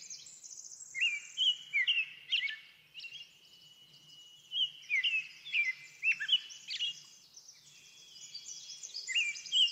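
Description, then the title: Bird song, clear whistled upslurred notes in bursts among softer high chirps, with quiet gaps between phrases. Backyard. "Backyard Birds - Ambient Nature Bird Sounds"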